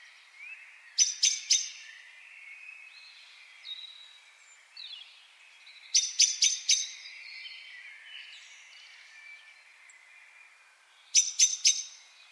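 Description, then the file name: Common blackbird giving three well-spaced bursts of sharp chink notes, about five seconds apart, with faint scattered chirps between them. "Turdus merula"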